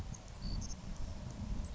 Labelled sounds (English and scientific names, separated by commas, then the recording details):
Savannah Sparrow (Passerculus sandwichensis)
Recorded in Sonoma County, California